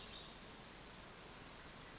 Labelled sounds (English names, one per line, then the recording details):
Western Flycatcher
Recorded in Sonoma County, California